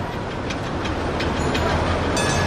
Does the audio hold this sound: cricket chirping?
no